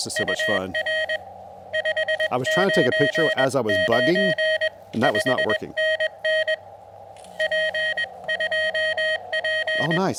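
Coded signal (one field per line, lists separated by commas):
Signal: Morse code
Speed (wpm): 21 wpm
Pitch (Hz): 1900 Hz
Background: speech, radio noise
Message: UR 599 5NN P2P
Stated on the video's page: Sent with a heavy Vibroplex Original Deluxe bug on an Elecraft KX2 QRP field radio with an Elecraft AX1 antenna, during an activation.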